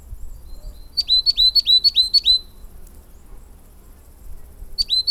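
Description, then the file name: Coal tit uttering a brisk series of several sharp, high-pitched paired notes, then silence, then the same pattern starting again near the end. "tit-coal Periparus-ater"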